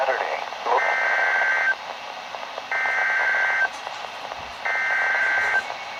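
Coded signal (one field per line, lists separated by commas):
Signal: Emergency Alert System (SAME) tones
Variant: header bursts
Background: speech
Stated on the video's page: Alerts from Kentucky, Virginia and West Virginia weather radio transmitters on 162.425–162.550 MHz, received on many weather radios.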